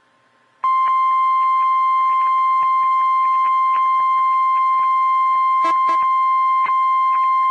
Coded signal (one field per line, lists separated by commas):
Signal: Emergency Alert System (SAME) tones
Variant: 1050 Hz attention tone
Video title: Wakefield Required Weekly Test on KEC92 (EAS #872)